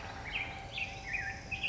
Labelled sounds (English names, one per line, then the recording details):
Black-headed Grosbeak
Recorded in Sonoma County, California